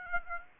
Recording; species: mosquito wingbeat signal from an infrared sensor; Aedes aegypti